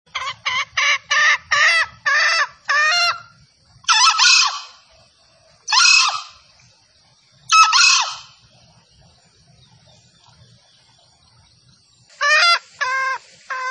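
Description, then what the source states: Junglefowl calls: a quick run of harsh clucks, then longer drawn notes every two seconds or so, a pause, and another short burst of clucks. Female junglefowl call used as a lure for trapping in the forest.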